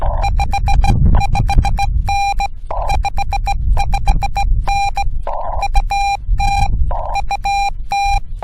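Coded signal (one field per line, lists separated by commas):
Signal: Morse code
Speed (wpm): 16 wpm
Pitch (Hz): 800 Hz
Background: music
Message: 55N 55N UT UT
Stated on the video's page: POTA park activation, CW sent on a straight key from a Yaesu FT-891 at 25 watts into a Wolf River Coils Take-It-Along antenna.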